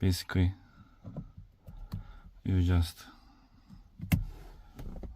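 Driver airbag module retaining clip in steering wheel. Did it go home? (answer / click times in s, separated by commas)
released / 4.1 s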